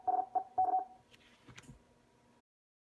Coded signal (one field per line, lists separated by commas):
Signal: Morse code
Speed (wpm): 45 wpm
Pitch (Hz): 750 Hz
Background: none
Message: SEK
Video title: 9A5N Solid State CW Paddle - Video Review and Test